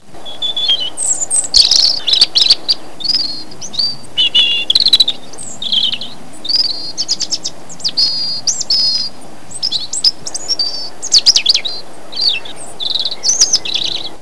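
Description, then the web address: Bird song: a dense, continuous stream of varied high chirps, trills and warbled phrases, with many different notes, over a steady low hum. "特酷声音素材库 动物 鸟 Bird"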